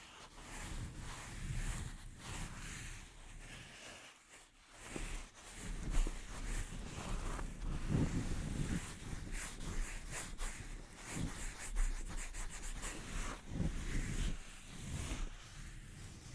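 Soft, dense scratching rubs across a microphone with sharp little taps scattered throughout, pausing briefly around four seconds before resuming more busily.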